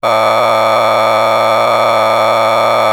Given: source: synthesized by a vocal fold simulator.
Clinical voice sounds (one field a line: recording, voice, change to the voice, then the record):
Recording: sustained vowel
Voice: male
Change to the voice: a random mix of aspiration noise, stiffness perturbation and strain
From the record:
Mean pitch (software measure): 111 Hz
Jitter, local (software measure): 3.77%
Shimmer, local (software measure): 7.8%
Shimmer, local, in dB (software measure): 0.71 dB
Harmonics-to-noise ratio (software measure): 4.8 dB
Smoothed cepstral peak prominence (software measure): 11.8 dB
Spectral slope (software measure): -12.5 dB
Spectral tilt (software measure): -10.1 dB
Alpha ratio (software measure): -3.0 dB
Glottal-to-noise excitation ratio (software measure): 0.959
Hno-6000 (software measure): 1.8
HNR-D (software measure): 18.9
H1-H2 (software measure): 0.0 dB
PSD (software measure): 3.9e-04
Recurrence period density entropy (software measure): 0.131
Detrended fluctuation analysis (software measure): 0.0313